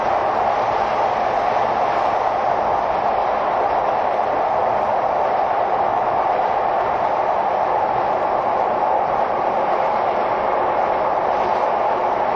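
Running sound of a Sotetsu–Saikyo through train: a steady, dense rolling rumble with a bright hiss, unchanging throughout with no distinct events.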